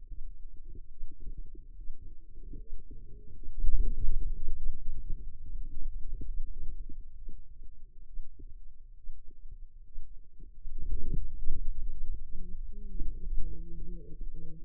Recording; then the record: forearm muscle sounds (acoustic myography)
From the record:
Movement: hand opening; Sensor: system 2, bracelet of six BSWA MPA416 microphones around the upper forearm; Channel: 5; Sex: female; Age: 25 years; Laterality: right